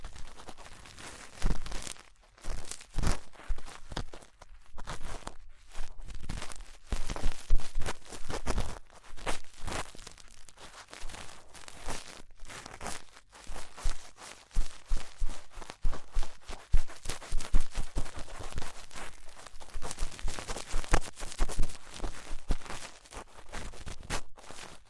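Ear cleaning sounds on both sides: a steady, dense stream of scratchy rustling and crackling with quick, irregular taps and scrapes throughout. The bursts come unevenly, several per second, bright and crisp, with brief quieter gaps between flurries and no speech.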